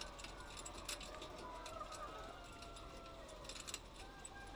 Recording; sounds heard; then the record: poultry house recording; healthy chickens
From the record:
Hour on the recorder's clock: 8